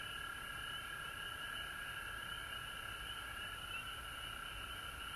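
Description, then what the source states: Frog chorus: a steady, unbroken high trill continuing without pause. Recorded at home in Georgia on March 19, 2020.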